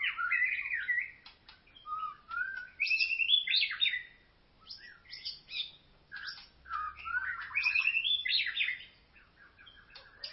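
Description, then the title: White-rumped shama song: bright, fast whistled phrases and chattering notes in quick bursts, pausing briefly between sections. "Kicau Murai Batu"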